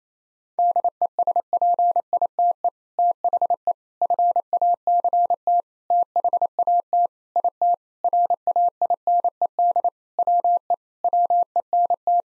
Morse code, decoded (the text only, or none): DESPITE THE FACT THAT IT RAINED WE WENT